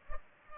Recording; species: mosquito wingbeat signal from an infrared sensor; Culex pipiens